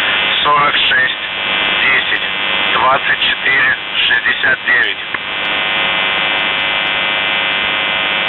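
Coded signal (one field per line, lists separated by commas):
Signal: numbers station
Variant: UVB-76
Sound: about four seconds of a distorted male voice message through shortwave static, then static alone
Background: radio static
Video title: The Buzzer/UVB-76(4625Khz) June 2nd, 2023 09:49UTC Voice message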